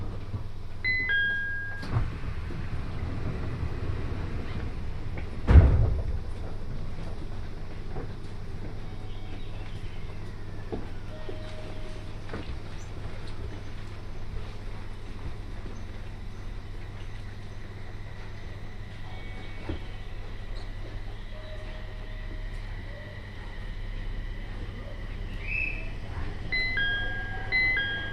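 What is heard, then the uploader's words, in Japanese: Riding the Joban Line train from Sendai toward Hamayoshida, a steady low rumble runs throughout. A sharp thump just after five seconds, then the ride continues evenly, with brief beeping tones near the start, around twelve and twenty seconds, and near the end. 鉄道旅 常磐線 仙台→浜吉田。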